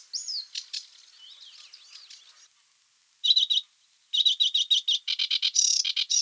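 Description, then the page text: Sedge warbler song, varied and chattering, mixing thin slurred whistles with bursts of rapid buzzy trills and harsh repeated notes, broken by short pauses. "Sedge Warbler Song Sound Effect. Quick Sounds"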